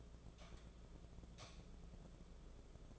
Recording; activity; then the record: daily activity, microphone in the room; light on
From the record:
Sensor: 5